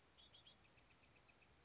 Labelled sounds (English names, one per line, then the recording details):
Bewick's Wren
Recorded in Sonoma County, California